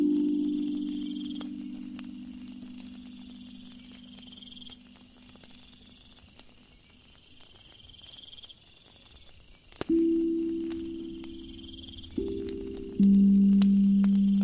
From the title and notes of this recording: 528Hz ethereal drum, bonfire, firewood sound, insects.